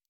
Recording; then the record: hydrophone in a shrimp aquaculture tank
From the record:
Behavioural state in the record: normal